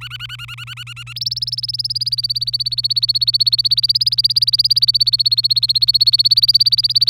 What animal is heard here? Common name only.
Domestic Canary